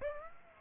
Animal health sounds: mosquito wingbeat signal from an infrared sensor; Aedes aegypti

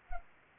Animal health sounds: mosquito wingbeat signal from an infrared sensor; Anopheles arabiensis

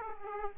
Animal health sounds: mosquito wingbeat signal from an infrared sensor; Aedes aegypti

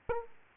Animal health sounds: mosquito wingbeat signal from an infrared sensor; Aedes aegypti

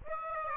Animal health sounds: mosquito wingbeat signal from an infrared sensor; Aedes aegypti

